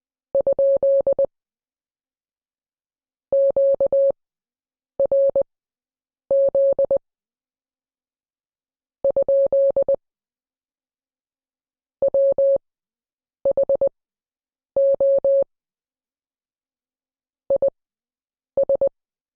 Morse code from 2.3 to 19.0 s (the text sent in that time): QRZ ? WHO IS